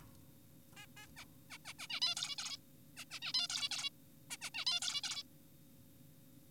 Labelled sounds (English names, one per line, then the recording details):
Zebra Finch
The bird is an adult
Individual g4p5U